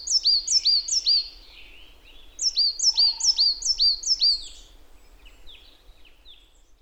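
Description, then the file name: Marsh tit giving rapid series of bright, hooked high notes in two runs, then softer scattered notes. "Poecile palustris"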